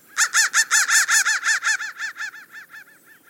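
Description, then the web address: Crow producing a brisk string of harsh, repeated caws, loud at the start and dying down toward the end. "soundfactory crow"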